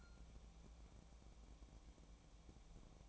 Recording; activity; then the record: daily activity, microphone in the room; take from stove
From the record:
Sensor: 1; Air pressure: 1000.0 hPa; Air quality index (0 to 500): 134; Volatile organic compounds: 2 ppm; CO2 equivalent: 1265 ppm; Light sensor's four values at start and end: 37/94/39/49 and 37/94/40/49